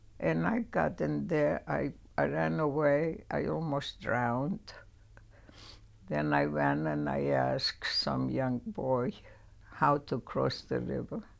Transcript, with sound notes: And I got in there. I — I ran away. I almost drowned. [sniffs] Then I went and I ask some young boy how to cross the river.